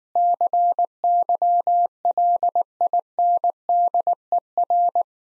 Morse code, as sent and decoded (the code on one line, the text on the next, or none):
-.-. -.-- .-.. .. -. -.. . .-.
CYLINDER